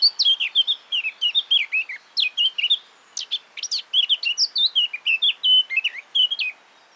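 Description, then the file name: Eurasian blackcap delivering a fast chattering warble of varied short notes, with quick rising and falling phrases and a brief pause midway, in a quiet setting. "Sylvia atricapilla"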